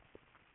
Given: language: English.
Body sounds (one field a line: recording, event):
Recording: throat vibration sensor signal played as sound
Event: swallow